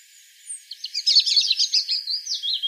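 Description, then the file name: European robin singing a rapid, jumbled phrase of high thin notes and trills, varied in pitch and fluttering throughout. "Erithacus rubecula"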